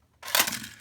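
A button is pressed on a plastic Tomica Hyper Series Hyper Rescue 02 Powered Fire Engine toy, releasing the latch on its spring-loaded ramp. A brief broadband rustle starts at about 0.2 s, and a single sharp snap comes at 0.4 s before fading out. The latch releases and the ramp deploys and rolls out smoothly.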